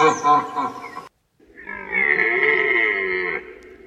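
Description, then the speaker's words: Red deer roaring: the end of one harsh, harmonic-rich bellow, a brief silence, then a longer, drawn-out harsh bellow. Stag's rutting roar. "c'était donc le cri, le fameux brame du cerf."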